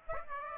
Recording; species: mosquito wingbeat signal from an infrared sensor; Aedes aegypti